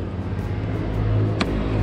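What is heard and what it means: A plastic push clip is pressed through the engine-bay weather strip of a Ford Focus Mk4 into its hole as a locating point, after the strip's three locating points have been fitted. Over a steady low rumble, a single sharp snap is heard at 1.4 s as the clip seats and is confirmed clipped on.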